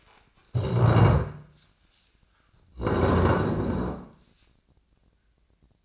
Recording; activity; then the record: daily activity, microphone in the room; stand up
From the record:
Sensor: 2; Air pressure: 1012.2 hPa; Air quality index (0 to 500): 158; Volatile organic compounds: 2 ppm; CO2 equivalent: 1162 ppm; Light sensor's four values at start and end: 43/108/46/53 and 36/92/39/45